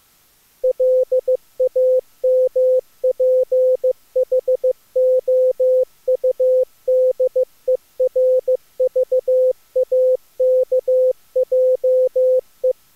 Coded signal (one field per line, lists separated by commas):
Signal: Morse code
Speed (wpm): 21 wpm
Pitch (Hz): 510 Hz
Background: none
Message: LAMPHOUDERVAKJE